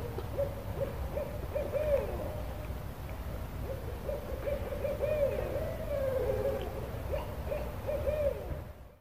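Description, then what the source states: Barred Owl calling in a long series of hoots and wavering cackles that rise and fall, over a constant low background hiss and rumble. Call traded back and forth between rival males or with the higher-voiced female joining in, used to define territory.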